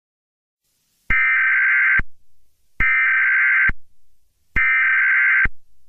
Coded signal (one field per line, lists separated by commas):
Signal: Emergency Alert System (SAME) tones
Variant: header bursts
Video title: EAS Scenario #1: Michael Reeves' Crackhead Revolution